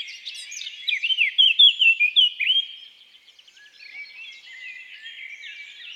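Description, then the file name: Eurasian blackcap song: a loud flourish of fluty whistled notes early on, fading into a quieter, scratchy subdued warble. "Sylvia atricapilla"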